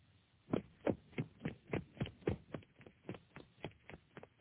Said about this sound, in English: He's running.